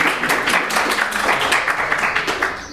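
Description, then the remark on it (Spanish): Students in an Esperanto class at UNAM clap steadily for a few seconds for a classmate at his first Esperanto lesson, a dense, bright patter of many hands that stays fairly loud throughout and tapers slightly at the end. “Aplaudo, bombolu,”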